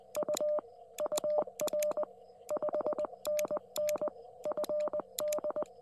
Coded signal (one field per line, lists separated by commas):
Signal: Morse code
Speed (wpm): 19 wpm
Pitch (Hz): 590 Hz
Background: none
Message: U UR 5NN FD